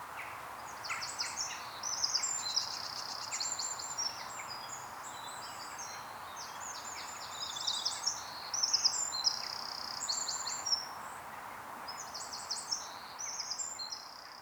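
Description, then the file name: Eurasian wren song: fast, high, tinkling trills in several bursts with brief pauses between phrases, over constant low background noise. "Troglodytes troglodytes"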